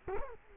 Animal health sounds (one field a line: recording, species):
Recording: mosquito wingbeat signal from an infrared sensor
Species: Culex quinquefasciatus